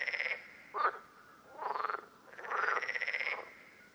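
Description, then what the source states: Common parsley frog giving grating, pulsed croaks: a short burst, a quick sharp note, then two longer creaky bursts. Several frogs at Lerouville, Lorraine, France, on 5 June 2022.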